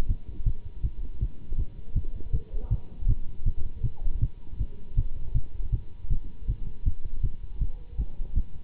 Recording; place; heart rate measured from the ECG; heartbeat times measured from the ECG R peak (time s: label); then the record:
heart sounds by stethoscope; between the tricuspid and mitral areas; 160 bpm
0.08 s: heartbeat
0.45 s: heartbeat
0.82 s: heartbeat
1.20 s: heartbeat
1.57 s: heartbeat
1.94 s: heartbeat
2.32 s: heartbeat
2.70 s: heartbeat
3.07 s: heartbeat
3.45 s: heartbeat
3.83 s: heartbeat
4.20 s: heartbeat
4.58 s: heartbeat
4.96 s: heartbeat
5.34 s: heartbeat
5.71 s: heartbeat
6.09 s: heartbeat
6.47 s: heartbeat
6.85 s: heartbeat
7.22 s: heartbeat
7.60 s: heartbeat
7.97 s: heartbeat
8.35 s: heartbeat
From the record:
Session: Bruce protocol treadmill stress test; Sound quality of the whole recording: good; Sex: male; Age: 24 years